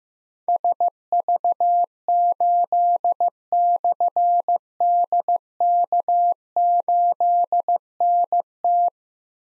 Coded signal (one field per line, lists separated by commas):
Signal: Morse code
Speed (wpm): 15 wpm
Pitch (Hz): 700 Hz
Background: none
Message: SV8/DK8NT